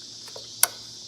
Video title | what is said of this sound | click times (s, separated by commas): 2003 Mach 1 Mustang Mechanical Series - Spark Plug Replacement Episode 1 | you can hear them click like that in there and you can kind of feel it wiggle them around a little bit they're not really gonna move but | 0.6 s